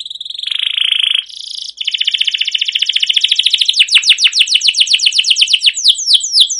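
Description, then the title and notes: Canary song: buzzy sustained phrases shift into a fast trill that turns into a run of sharply descending swept notes. Long continuous canary song used as a lure to train other canaries to sing. "CUIT CUIT NGEROL LANGSUNG GACOR PANJANG Kenari Ini AMPUH Utk Pancingan KENARI. burung kenari"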